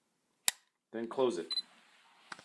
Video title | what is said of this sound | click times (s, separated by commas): Camcorder Tripod Project | to here a little click in | 0.5 s